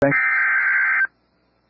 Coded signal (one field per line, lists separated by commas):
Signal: Emergency Alert System (SAME) tones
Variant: header bursts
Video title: Severe Thunderstorm Warning (Potter County, TX) (4/25/25) [EAS #152]